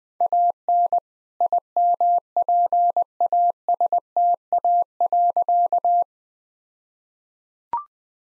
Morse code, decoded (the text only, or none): AN IMPASTA.